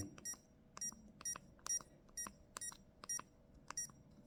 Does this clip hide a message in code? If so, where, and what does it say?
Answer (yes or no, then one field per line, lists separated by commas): no